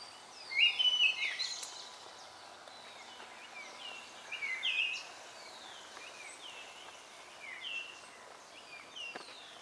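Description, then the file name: Birds chirping and twittering in scattered short bursts, several quick rising and falling high notes spread throughout against steady background hiss. Recorded at dawn. "Pajaros de Madrugada"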